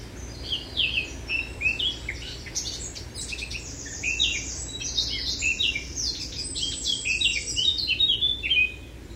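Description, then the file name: Eurasian blackcap song, a dense, fast, continuous warble of jumbled high twittering notes that runs through the whole stretch, with a faint low rumble beneath. "Sylvia atricapilla"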